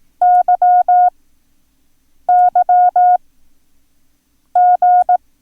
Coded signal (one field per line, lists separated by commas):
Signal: Morse code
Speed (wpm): 18 wpm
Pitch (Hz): 720 Hz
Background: none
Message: YYG